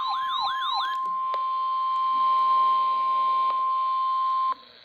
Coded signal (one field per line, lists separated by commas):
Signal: Emergency Alert System (SAME) tones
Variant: 1050 Hz attention tone